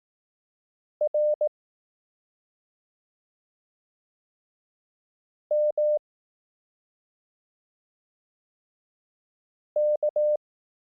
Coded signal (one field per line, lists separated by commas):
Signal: Morse code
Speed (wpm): 18 wpm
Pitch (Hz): 600 Hz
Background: none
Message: R M K